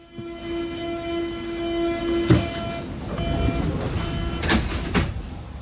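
A metro train in Berlin's Mitte district, under a grey, rainy sky, rumbles along with a steady, humming motor whine that fades after a couple of seconds, while sharp clanks and rattles from the cars break through the continuous roar.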